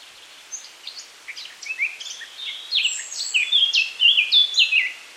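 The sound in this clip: Eurasian Blackcap song: a soft, scratchy chattering warble building into louder, clearer phrases over the last two seconds.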